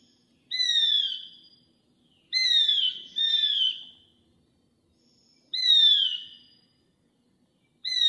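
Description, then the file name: Rufous-crowned laughingthrush with a series of bright descending whistles, one quickly doubled, then a pause before more notes. "台灣白喉噪眉"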